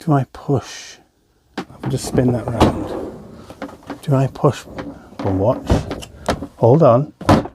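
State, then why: Seated. Someone talks while pushing the open lid of a plastic modular toolbox past the resistance of its lid stay hinge. At 7.3 s the stay gives a thunk as it clips and locks open, so the lid stays up rigid.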